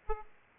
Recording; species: mosquito wingbeat signal from an infrared sensor; Aedes aegypti